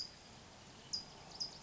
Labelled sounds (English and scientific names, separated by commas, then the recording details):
California Towhee (Melozone crissalis)
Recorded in Sonoma County, California